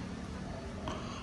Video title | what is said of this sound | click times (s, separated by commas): Attempted to make Bolt's LED Plate Lights go BRIGHTER.. and it FAILED!! - Suzuki Alto EP. 020 #vrstl | tapos yun nag-lock na siya yan secured na okay | 0.9 s